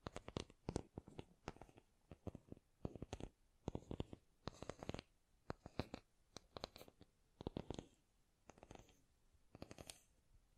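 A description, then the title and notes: Tapping sounds in quick, uneven clusters of sharp bright knocks, with short pauses roughly every second over a quiet, faint hiss. ASMR Great Tapping Sounds for Sleep (No Talking).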